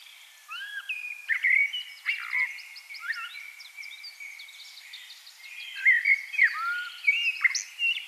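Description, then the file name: Common blackbird song: mellow fluted warbling phrases with high squeaky twitters, louder bursts near the start and again toward the end. "Turdus merula"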